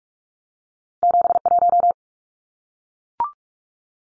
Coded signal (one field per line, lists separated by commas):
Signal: Morse code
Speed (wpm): 44 wpm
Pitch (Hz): 700 Hz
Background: none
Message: 71